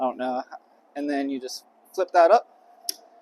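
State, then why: Seated. A small red latch inside the handlebar stem of a Honda Motocompacto folding scooter is flipped up to lock the raised handlebar. Someone talks, then a short, sharp click is heard at 2.9 s as the latch clicks into place and locks the handlebar.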